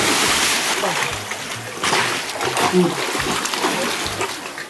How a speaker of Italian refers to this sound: La discussione finì in un modo buffo, con Colombina che splash fece un tuffo, trascinando nell'acqua gelata anche il resto della brigata.